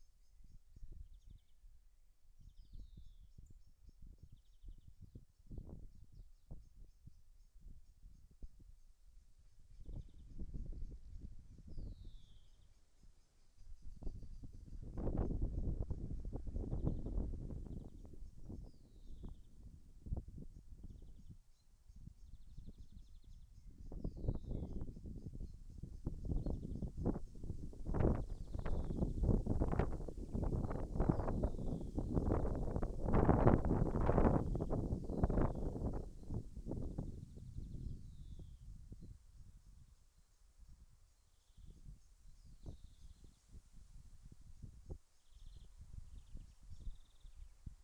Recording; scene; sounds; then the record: everyday scene through a hearing-aid microphone; wind on the microphone; wind, birds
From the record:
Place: in front of a rural house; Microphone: behind the ear, left, front